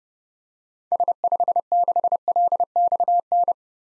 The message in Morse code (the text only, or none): S56LXN